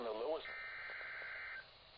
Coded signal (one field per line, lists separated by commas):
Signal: Emergency Alert System (SAME) tones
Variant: header bursts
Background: speech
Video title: Severe Thunderstorm Warning #22 - 07/24/22 (EAS #2,615)